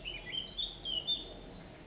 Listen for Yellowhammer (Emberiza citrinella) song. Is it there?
no